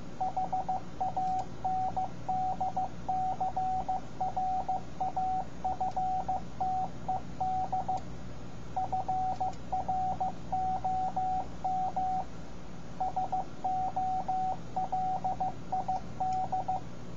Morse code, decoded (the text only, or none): HANDCRAFTED FROM SOLID